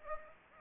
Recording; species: mosquito wingbeat signal from an infrared sensor; Anopheles gambiae